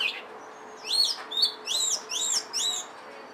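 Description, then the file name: Oriental magpie-robin song of clear arched whistled notes, rising then falling, given in a quick run of about five phrases, with a faint hum beneath. Indonesian name kacer lutung cebu. "burung kacer lutung cebu. omkicau"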